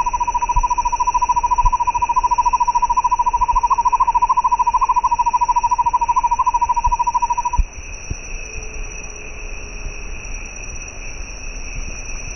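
Bird delivering a rapid monotone trill for over seven seconds before it cuts off abruptly, leaving a steady high hum and a few faint clicks.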